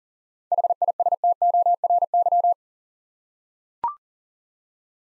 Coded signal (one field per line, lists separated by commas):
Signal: Morse code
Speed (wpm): 42 wpm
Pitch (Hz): 700 Hz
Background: none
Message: HISTORY